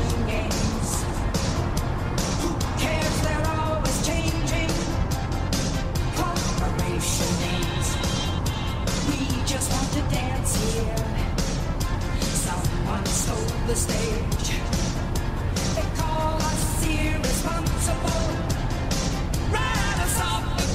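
Inside a moving vehicle, a steady low rumble fills the ride while radio crackle and faint voices flicker constantly, with distant waves beneath.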